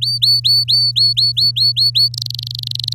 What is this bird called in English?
Domestic Canary